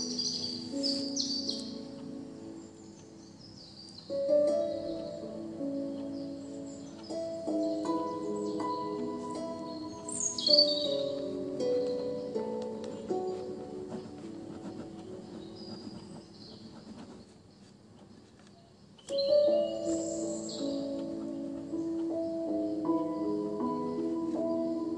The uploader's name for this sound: piano edition with rain first then forest sounds